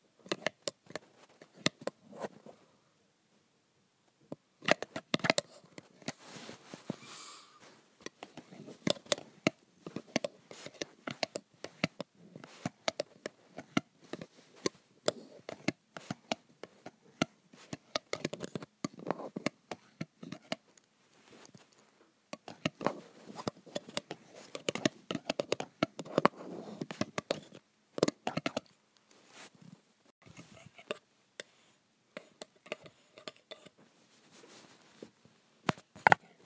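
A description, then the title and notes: Graphite scratching and tapping on metal in dense bursts of sharp clicks and scrapes, pausing briefly near four seconds and around thirty. ASMR Graphite on Metal.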